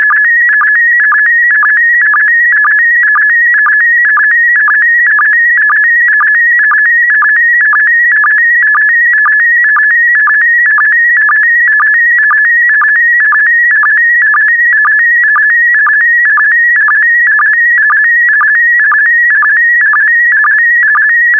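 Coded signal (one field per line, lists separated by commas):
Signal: SSTV (slow-scan television)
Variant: PD120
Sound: warbling, stepping tone with regular short low blips about twice a second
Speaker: Five, four, three, two, one. Thank you. Transmission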